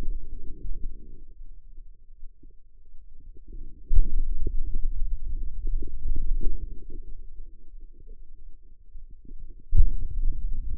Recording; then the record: forearm muscle sounds (acoustic myography)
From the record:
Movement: pen grasping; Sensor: system 2, bracelet of six BSWA MPA416 microphones around the upper forearm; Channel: 6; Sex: female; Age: 25 years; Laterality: right